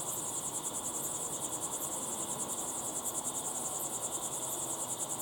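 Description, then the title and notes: Cricket chorus of rapid, even high chirps forming a continuous shimmering trill, with occasional brighter clicks above and a low background hiss. Crickets chirping at sunset in the Timanfaya pyroclastic desert, Lanzarote; field-recorded with ambisonic equipment and converted to binaural audio. "Be still and listen to the crickets at sunset in the incredible Timanfaya pyroclastic desert on the island of Lanzarote. Enjoy the calm desert sounds of chirping crickets"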